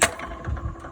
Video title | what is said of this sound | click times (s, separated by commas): Jimmie Cockerill Explains Rigging of Malabar (Part Two) SD 480p | and Trigger engages | 0.0 s